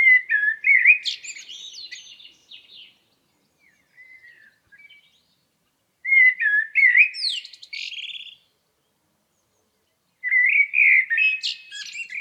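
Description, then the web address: Blackbird singing three mellow whistled phrases separated by pauses, each breaking into a squeaky, higher chatter. "Environmental chamber testing blackbird"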